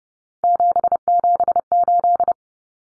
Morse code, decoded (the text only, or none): 778